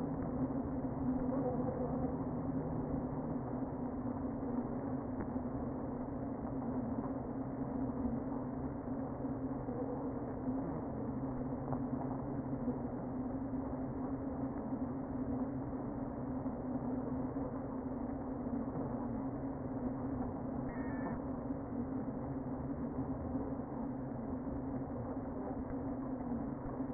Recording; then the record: honeybee colony, microphone inside the hive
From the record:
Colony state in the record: queen present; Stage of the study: before two queens were removed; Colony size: about 60,000 bees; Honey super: yes